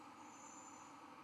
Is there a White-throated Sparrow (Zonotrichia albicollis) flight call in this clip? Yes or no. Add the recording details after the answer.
no. No flight call is heard. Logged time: 23:23 on 11 November 2014